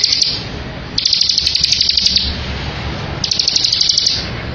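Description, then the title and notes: Bar-winged prinia song: high, fast rattling trills in bursts about a second long, separated by short pauses, over a low background hum. Ngebren song of the bar-winged prinia, used as a tutor for training white-rumped shamas. "Ciblek Ngebren Untuk Masteran Murai Batu. Suara burung ciblek - Suara Nada"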